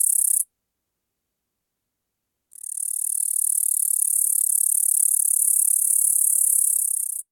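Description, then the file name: Upland green bush-cricket song: a very high, dry, continuous buzzing trill. A short burst, a two-second gap, then an unbroken stretch of about five seconds. "Tettigonia cantans"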